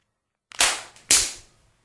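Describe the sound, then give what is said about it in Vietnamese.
Two hard, sharp slaps from two hands land across a face about half a second apart, each a bright crack that fades quickly, with no voices around them. “hai bàn tay lại hung hăng tát lên mặt Ân Tịch”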